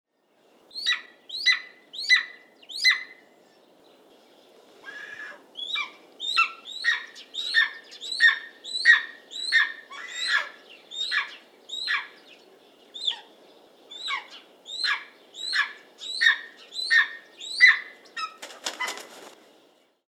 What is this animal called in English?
Golden Eagle